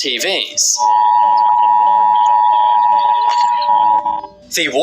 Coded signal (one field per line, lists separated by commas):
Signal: Emergency Alert System (SAME) tones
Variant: 853 and 960 Hz attention tone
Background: speech, music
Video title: scary emergency alert system